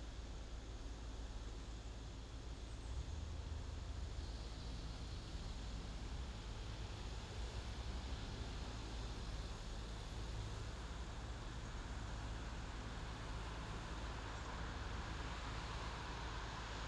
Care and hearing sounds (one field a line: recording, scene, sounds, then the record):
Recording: everyday scene through a hearing-aid microphone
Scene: in traffic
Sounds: traffic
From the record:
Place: main city hub, rush hour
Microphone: in the ear canal, left